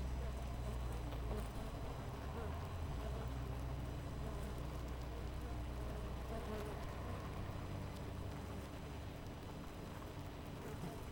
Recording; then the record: honeybee colony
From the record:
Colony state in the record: missing queen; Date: 14 July 2017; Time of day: 4:53